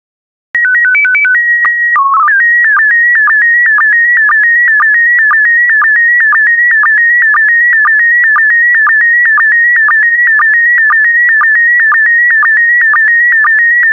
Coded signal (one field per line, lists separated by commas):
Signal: SSTV (slow-scan television)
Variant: PD 120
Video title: 33018 Mayan and Aztec Ruins SSTV PD120